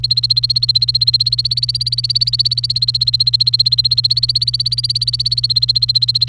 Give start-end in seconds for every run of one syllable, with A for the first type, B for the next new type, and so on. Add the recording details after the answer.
0.00-6.28 A. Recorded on 29 April 2018 at 15:40. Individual llb3